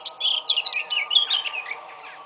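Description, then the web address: Eurasian blackcap song: a brief, quick phrase of slurred, whistled chirps that rises and falls, then trails off into a soft hum. "SETE data Sylvia atricapilla"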